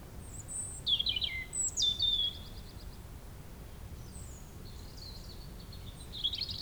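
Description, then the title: European robin song with high thin whistles and a sliding note followed by a rapid ticking run, then fainter scattered notes; low background hum. Sung at sunset on the shore of Lac du Bourget near the chapel, Brison-Saint-Innocent, France, with the nearby road closed to traffic and the area quiet. "28 Chem. de la Chapelle, Brison-Saint-Innocent, France - rouge-gorge."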